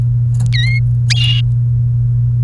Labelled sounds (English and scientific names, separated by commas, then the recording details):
Domestic Canary (Serinus canaria) song
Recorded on 30 April 2018 at 07:06
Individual llb3